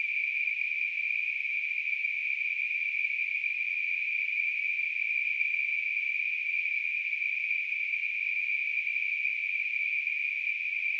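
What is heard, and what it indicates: A steady, unbroken high-pitched hiss centred in the upper-middle range holds at a constant loudness for eleven seconds, with no pulsing or breaks. It is a simulation of tinnitus, the ringing or hissing heard in the ears without an outside source.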